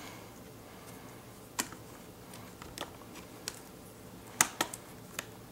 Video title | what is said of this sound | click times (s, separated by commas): Lenovo Yoga 13 SSD Upgrade Via Second SSD Install | and then over here are these little clips and you need to make sure that all the clips catch | 1.6 s, 3.5 s, 4.4 s